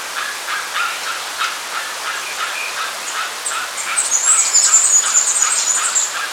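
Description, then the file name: Bird calls: repeated short notes, then a thin high buzzy trill joins in the second half, over continuous hiss. "SABIOD"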